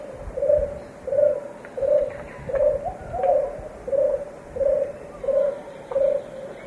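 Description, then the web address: Scarlet-crowned Barbet call, a low hollow hoot repeated steadily about every 0.7 seconds, nine notes in a row, with faint other bird sounds higher up. Recorded in the eastern lowlands of South America. "Natures Songs S America Eastern Lowlands. Scarlet-crowned Barbet"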